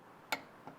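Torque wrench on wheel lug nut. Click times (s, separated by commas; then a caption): 0.3 s. A click-type torque wrench set to 95 ft-lb is pulled on a lug nut of a Mustang's wheel until it gives a sharp, bright click at 0.3 s, followed by a fainter tick at 0.7 s. The click shows the lug nut has reached the set torque.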